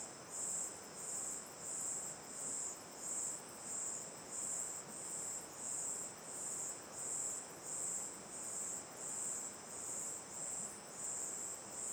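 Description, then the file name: Cricket chorus, high and trilling, beats in a regular rhythm of pulses, layered over continuous rushing water. Night ambience facing the mouth of Terra Ronca 1 cave; chorus of crickets, river on the left; A-B stereo recording. "Ambiencia olhando para boca da caverna terra ronca 1 a noite, coro de cigarras e grilos, rio a esquerda, gravacao em ab"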